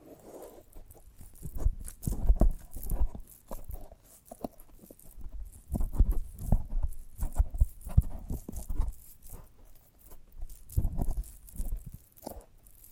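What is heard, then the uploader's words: A sprouted coconut is handled in ASMR style, with irregular taps, soft knocks and scratchy crackles coming in uneven clusters. Dull low thumps mix with brighter rustling and tearing sounds, and short quiet gaps fall between bursts throughout. ASMR of a Sprouted Coconut (No Talking).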